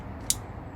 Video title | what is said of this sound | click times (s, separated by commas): Ford Ranger Wildtrak RaceChip Installation | and there's the click so that's it everything connected | 0.3 s